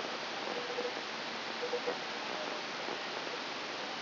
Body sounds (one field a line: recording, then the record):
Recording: brain microelectrode recording played as sound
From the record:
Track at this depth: inside the subthalamic nucleus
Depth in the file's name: 0.955 mm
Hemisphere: right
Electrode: 3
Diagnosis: Parkinson's disease